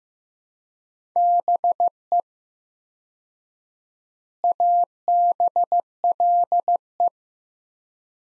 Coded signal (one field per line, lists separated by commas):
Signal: Morse code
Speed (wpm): 15 wpm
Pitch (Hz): 700 Hz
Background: none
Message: BE ABLE